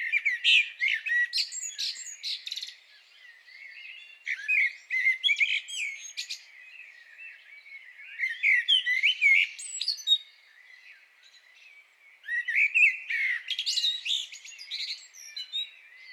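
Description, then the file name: Common blackbird song arriving in several bursts of high, chattering squeaks and twitters, with quieter pauses between them. "Turdus merula"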